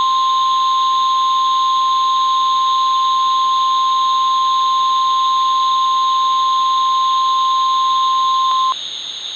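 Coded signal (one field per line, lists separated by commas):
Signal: Emergency Alert System (SAME) tones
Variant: 1050 Hz attention tone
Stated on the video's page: Fictional Halloween mock EAS scenario tones.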